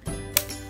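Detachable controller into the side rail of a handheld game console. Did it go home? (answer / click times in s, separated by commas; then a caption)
yes / 0.4 s. A detachable plastic controller is slid down the side rail of a Nintendo Switch handheld console until it latches. Over a low, steady background hum, one sharp, bright click lands at 0.4 s, and the controller is seated.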